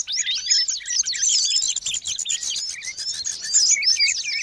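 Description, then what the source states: Birds chirping in a dense, busy chorus of overlapping high, quick twittering notes and short rising and falling whistles, continuous throughout. Long-duration sound of noisy, chattering birds, used for bird training and as a lure.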